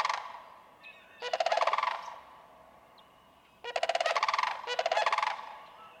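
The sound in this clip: Sandhill crane giving several loud, rolling, trumpeting rattles, each a rapid series of pulsed notes.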